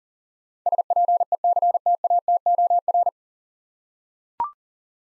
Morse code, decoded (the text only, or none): SPECTATOR